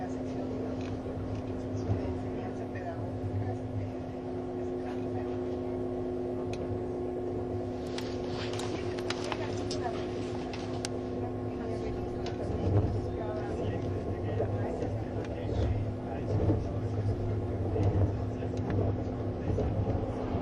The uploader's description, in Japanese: スイスでは主力の車体傾斜車両であるRABDe500形ICN、その本領を発揮するゴッタルド線の列車